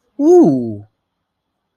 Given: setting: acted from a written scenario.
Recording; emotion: vocal sound without words; awe